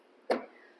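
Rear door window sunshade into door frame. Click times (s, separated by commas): 0.3 s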